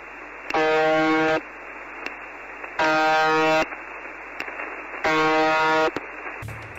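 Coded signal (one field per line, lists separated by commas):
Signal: numbers station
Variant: UVB-76 (The Buzzer)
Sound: three harsh, low, droning buzzes, each under a second, repeating about every two seconds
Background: radio static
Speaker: up is uvb-76 so this is an incredibly eerie and unexplained broadcast ever since 1982 something called the buzzer can be heard from Moscow Russia it's a constant buzzing which changes pitch twenty five times a day all day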